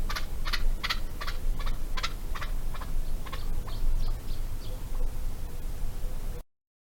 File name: Canto do perdiz moura